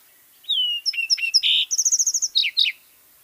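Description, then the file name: Lark sparrow song: a clear whistled slide, then sharp chips, a buzzy note, a fast even trill of high clicks and two down-slurred chirps, over quiet background. "Lark Sparrow - Chondestes grammacus"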